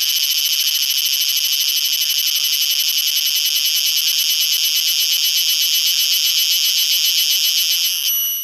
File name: Purana sagittata